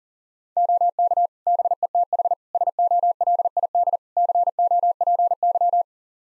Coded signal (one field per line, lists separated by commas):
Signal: Morse code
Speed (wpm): 37 wpm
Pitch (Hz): 700 Hz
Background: none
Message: OK BETH SOLID COPY